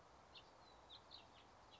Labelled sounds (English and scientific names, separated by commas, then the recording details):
House Finch (Haemorhous mexicanus)
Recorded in Sonoma County, California